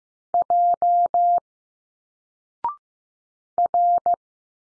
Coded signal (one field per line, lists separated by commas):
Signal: Morse code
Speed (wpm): 15 wpm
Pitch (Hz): 700 Hz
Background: none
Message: J R